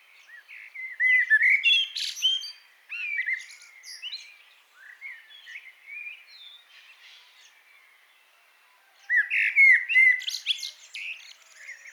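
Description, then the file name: Common blackbird song, rich warbling notes with scratchy high endings, a quieter stretch, then one more loud phrase near the end. "Turdus merula"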